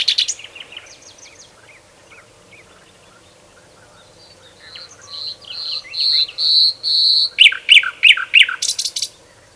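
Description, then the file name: Common nightingale song: soft scattered notes, then a sustained high buzzing trill followed by loud sharp repeated notes and a harsh burst. "Luscinia megarhynchos"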